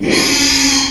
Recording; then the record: squeal of a Yucatan mini pig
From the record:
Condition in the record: after surgery on the right vocal fold (resection and tissue-engineered implant); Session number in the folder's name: 2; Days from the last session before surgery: 13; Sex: male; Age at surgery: 12 weeks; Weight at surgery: 13 kg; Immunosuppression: cyclosporine, prednisolone